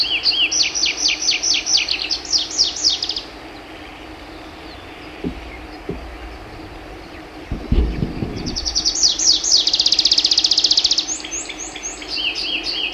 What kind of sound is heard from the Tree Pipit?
song